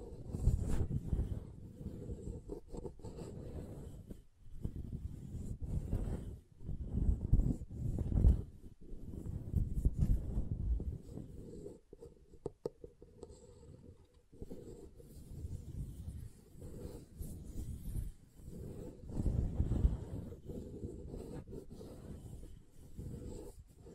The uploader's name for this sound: SoftHard Soap Tapping and Carving